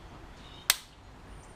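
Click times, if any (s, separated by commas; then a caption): 0.7 s. A torque wrench set to 4-5 Nm tightens a stem clamp bolt on a carbon steerer of a bicycle, with low background noise throughout. It gives a single sharp, bright click at 0.7 s, showing the bolt has reached the right torque.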